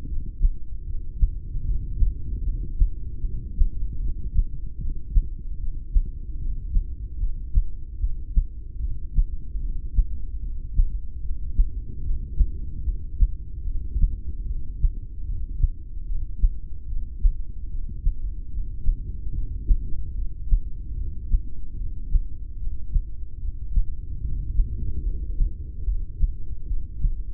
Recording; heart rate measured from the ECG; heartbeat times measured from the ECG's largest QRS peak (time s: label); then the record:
heart sounds by stethoscope; 74 bpm
0.02 s: heartbeat
0.81 s: heartbeat
1.60 s: heartbeat
2.39 s: heartbeat
3.19 s: heartbeat
3.96 s: heartbeat
4.75 s: heartbeat
5.54 s: heartbeat
6.34 s: heartbeat
7.15 s: heartbeat
7.95 s: heartbeat
8.76 s: heartbeat
9.56 s: heartbeat
10.36 s: heartbeat
11.17 s: heartbeat
11.99 s: heartbeat
12.80 s: heartbeat
13.61 s: heartbeat
14.42 s: heartbeat
15.21 s: heartbeat
16.02 s: heartbeat
16.83 s: heartbeat
17.64 s: heartbeat
18.46 s: heartbeat
19.29 s: heartbeat
20.10 s: heartbeat
20.91 s: heartbeat
21.73 s: heartbeat
22.53 s: heartbeat
23.35 s: heartbeat
24.17 s: heartbeat
24.99 s: heartbeat
25.81 s: heartbeat
26.62 s: heartbeat
From the record:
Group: heart failure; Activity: rest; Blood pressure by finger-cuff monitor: 88/61 mmHg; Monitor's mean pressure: 73 mmHg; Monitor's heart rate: 74 bpm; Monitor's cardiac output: 6.1 L/min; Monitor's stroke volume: 82 mL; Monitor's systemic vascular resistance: 860 dyn s/cm5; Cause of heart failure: ischemic heart disease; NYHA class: 2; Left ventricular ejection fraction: 28%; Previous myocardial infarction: present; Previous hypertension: present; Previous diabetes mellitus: present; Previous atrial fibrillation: present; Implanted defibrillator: present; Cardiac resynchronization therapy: present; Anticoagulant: apixaban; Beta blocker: bisoprolol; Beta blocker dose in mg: 10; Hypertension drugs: sacubitril-valsartan, spironolactone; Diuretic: furosemide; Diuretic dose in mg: 20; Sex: male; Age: 62 years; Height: 178 cm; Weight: 88.3 kg